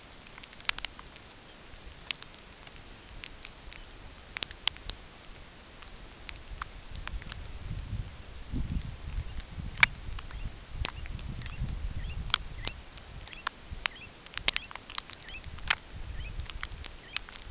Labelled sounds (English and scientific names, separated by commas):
unidentified sound, American Golden-plover (Pluvialis dominica)